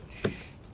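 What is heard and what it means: While refitting the inside door trim panel on a 6th-generation Honda Civic, the panel is lined up around the door lock and pushed in onto the car door. A single sharp hit sounds at 0.3 s over a quiet background. The panel is seated firmly in place.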